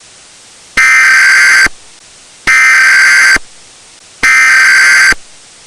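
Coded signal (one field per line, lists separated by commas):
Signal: Emergency Alert System (SAME) tones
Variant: header bursts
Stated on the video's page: Fake mock Volcano Watch alert for Mount St. Helens made with valid EAS tones.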